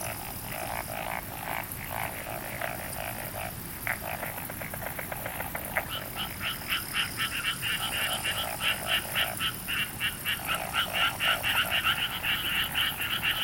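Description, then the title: Frog chorus of quick pulsed croaks, several callers overlapping, growing louder and more regular in the second half over a faint high hiss. "Summer Japan, Hokkaido. Night Paddy's frogs. 夜の水田のカエル"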